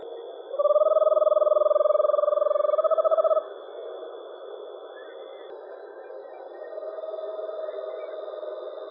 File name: eastern screech owl deep monotone whinny